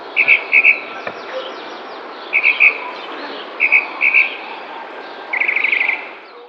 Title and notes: Cenzontle tropical que canta en primavera mientras alguien que hace ejercicio pasa a lo lejos en el parque de una colonia en San Cristóbal de Las Casas, Chiapas. Mayo 2021